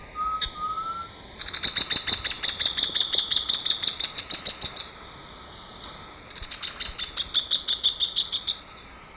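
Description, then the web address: Lesser hornero giving a rapid chattering series of high, sharp notes in two bursts, over a steady insect drone. Eastern Lowlands of South America; call and song. "Natures Songs S America Eastern Lowlands. Furnarius minor, call and song"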